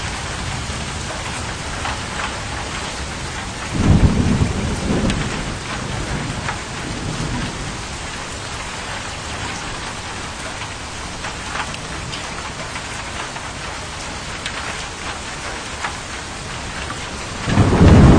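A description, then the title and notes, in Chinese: A downpour pours steadily, a dense hiss of rain with sharp drops spattering across the upper range. Deep rumbling swells rise around four to six seconds and again at the very end, likely thunder or heavy gusts beneath the rain. 倾盆大雨。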